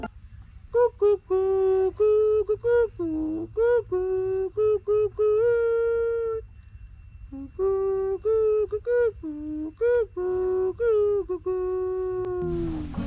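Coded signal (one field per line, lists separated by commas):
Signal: whistled language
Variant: Kongthong jingrwai iawbei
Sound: a melodic voiced or whistled tune of short and held notes, with a pause midway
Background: quiet room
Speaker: but a song's name or the gingroy obey meets my mother's composure since my childhood and which is still remaining with me now it's like this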